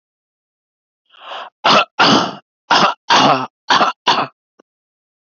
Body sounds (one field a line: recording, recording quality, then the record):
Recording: heavy voluntary cough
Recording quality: excellent, no background noise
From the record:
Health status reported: exposed to COVID-19, no respiratory illness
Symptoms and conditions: none ticked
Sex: male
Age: 30 years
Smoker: not ticked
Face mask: worn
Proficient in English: yes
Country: India